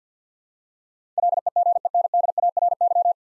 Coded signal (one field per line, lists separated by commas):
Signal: Morse code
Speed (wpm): 50 wpm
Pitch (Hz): 700 Hz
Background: none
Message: LEGENDARY